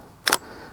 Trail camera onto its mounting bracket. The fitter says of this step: comes down locks in place and you're done